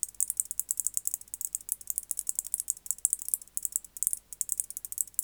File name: Decticus albifrons